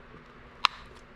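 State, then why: Seated. The original plastic end cap is slid onto a refurbished 12V tool battery casing, and a single sharp, bright click sounds at 0.7 s over a quiet background. The cap's tab snaps home and the cap is seated in place.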